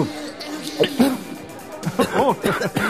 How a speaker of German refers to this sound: Was für ein einfallsreicher Husten. Wundervoll.